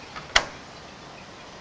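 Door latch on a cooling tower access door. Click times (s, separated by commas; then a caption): 0.4 s. A latch on a cooling tower access door is pushed up and in. A faint tick comes at about 0.2 s, then a loud, sharp click at 0.4 s as the latch clicks home and seats snug so the door won't flap, followed by quiet.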